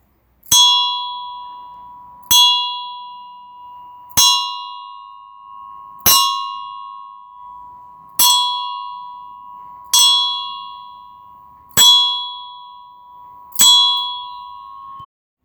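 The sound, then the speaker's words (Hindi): A clock chimes the hour, striking eight times at a slow, steady pace, each bright metallic strike ringing out and fading before the next, with a sustained mid-pitched hum beneath the strokes. “घड़ी बजने लगी।”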